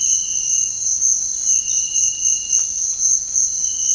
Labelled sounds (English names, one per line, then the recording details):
Undulated Tinamou
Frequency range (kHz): Undulated Tinamou 0.8-1.6 kHz
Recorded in dense forest near Puerto Asís, Putumayo, Colombia, on 21 February 2024 at 06:30
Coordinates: 0.485, -76.325
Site G6429